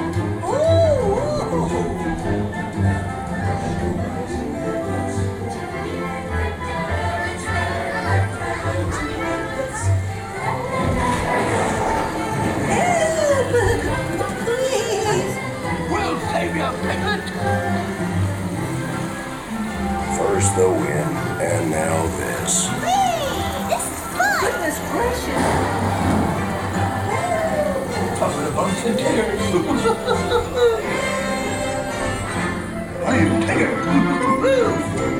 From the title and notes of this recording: Saturday at Disneyland Resort - Part 2 of 3. This audio adventure series, recorded live at disneyland resort contains lunch, a few rides and a LOT of the Disney sound experience.